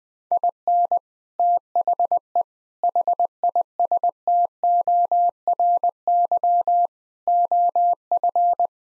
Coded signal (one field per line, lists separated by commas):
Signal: Morse code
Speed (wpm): 20 wpm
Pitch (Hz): 700 Hz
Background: none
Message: IN THE HISTORY OF